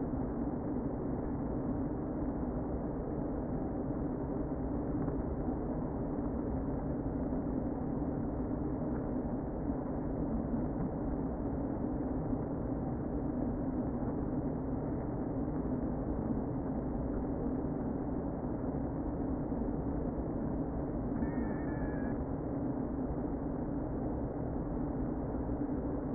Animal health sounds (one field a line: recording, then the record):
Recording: honeybee colony, microphone inside the hive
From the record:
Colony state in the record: queen present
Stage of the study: before two queens were removed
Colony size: about 60,000 bees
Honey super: yes